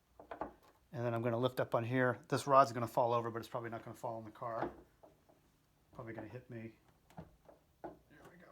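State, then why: Not seated. Someone talks while lifting the hood of a Honda Odyssey to fit the socket of a new hood gas lift support onto its mounting ball stud. Short knocks sound near 0.2 to 0.4 seconds and again around 7.1 and 7.9 seconds. Nothing has seated or clicked yet; the support is still being handled.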